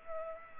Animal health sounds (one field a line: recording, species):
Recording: mosquito wingbeat signal from an infrared sensor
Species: Culex pipiens